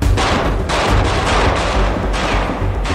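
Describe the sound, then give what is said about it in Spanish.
Dense, continuous gunfire at Alcatraz prison during the Battle of Alcatraz, with overlapping bursts and booms: a loud rumbling barrage that swells and dips without pause, with no voices. “Los disparos parecen venir de todas partes.”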